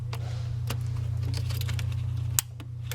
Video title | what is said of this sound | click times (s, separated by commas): Replacement of Leaky Valve Cover Gaskets On A Discovery Series II | and you hear a click | 2.4 s